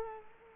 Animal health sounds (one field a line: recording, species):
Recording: mosquito wingbeat signal from an infrared sensor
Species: Culex quinquefasciatus